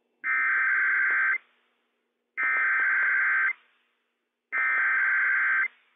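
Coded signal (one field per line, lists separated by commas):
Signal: Emergency Alert System (SAME) tones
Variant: header bursts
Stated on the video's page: Required weekly test issued by county emergency management for Benton, Franklin and Walla Walla, Washington, on NOAA Weather Radio.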